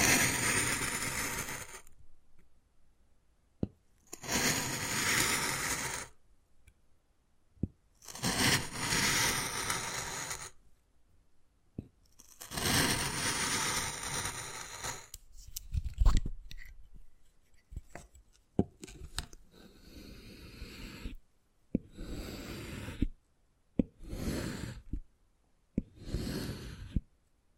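Wood carving sounds: long rough scraping strokes in bursts over the first half, then shorter scratches mixed with sharp taps and cracks.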